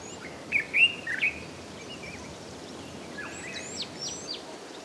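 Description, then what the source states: Birds calling: a few sharp chirps early on, then thin, high whistled downslurs scattered over a quiet, steady background hiss. Birds in calm African bush.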